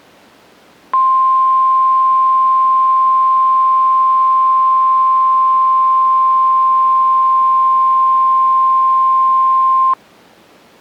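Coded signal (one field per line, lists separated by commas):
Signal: Emergency Alert System (SAME) tones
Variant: 1050 Hz attention tone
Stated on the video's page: Required weekly test heard on NOAA weather radio transmitter in Plainwell, Michigan, originating from the National Weather Service in Grand Rapids.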